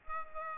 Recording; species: mosquito wingbeat signal from an infrared sensor; Aedes aegypti